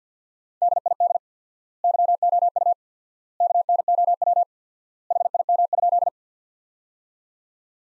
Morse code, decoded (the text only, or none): DID YOU KNOW HIM?